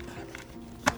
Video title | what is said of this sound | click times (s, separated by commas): How to Remove and Replace the Graco® 4Ever® Extend2Fit® 4-in-1 Car Seat Cover | you'll hear a snap as each one goes in okay so | 0.4 s, 0.9 s